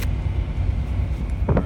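A Scrubblades wiper blade is slid onto a truck wiper arm, with the arm pushed through the blade's plastic adapter against the windshield, over a steady low rumble. Two sharp clicks come at 1.5 s and 1.6 s as the adapter snaps into place. The blade is seated firmly on the arm.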